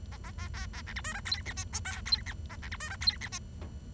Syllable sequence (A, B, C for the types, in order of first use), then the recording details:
A A A B A C D E F G H I J K G H A C D E F G H I. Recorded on 23 June 2012 at 08:58. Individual gr41rd51